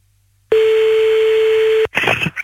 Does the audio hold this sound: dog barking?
no